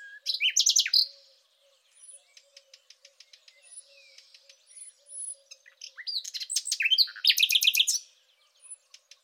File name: rossignol philomele